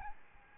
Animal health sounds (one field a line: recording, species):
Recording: mosquito wingbeat signal from an infrared sensor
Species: Aedes albopictus